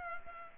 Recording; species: mosquito wingbeat signal from an infrared sensor; Culex pipiens